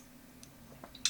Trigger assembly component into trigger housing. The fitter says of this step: Angle, push down, and it should snap into place.